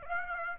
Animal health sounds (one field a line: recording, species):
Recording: mosquito wingbeat signal from an infrared sensor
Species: Aedes aegypti